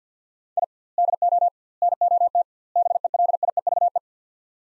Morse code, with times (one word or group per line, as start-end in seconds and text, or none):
0.6-0.6 I
1.0-1.5 DO
1.8-2.4 NOT
2.8-4.0 BELIEVE